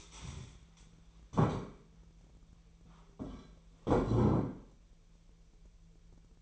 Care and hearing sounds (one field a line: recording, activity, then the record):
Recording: daily activity, microphone in the room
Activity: stand up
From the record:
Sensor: 1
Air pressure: 1001.9 hPa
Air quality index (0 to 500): 246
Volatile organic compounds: 117 ppm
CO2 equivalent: 3856 ppm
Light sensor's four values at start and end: 11/28/11/13 and 11/27/11/13